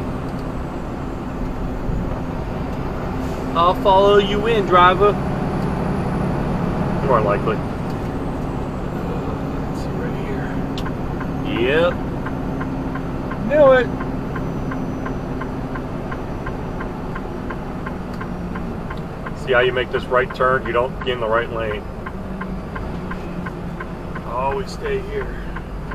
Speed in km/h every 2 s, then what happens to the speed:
64, 64, 64, 66, 68, 66, 66, 64, 66, 61, 56, 50, 44.
0-17 steady at about 66. 17-26 slows to 44.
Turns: none.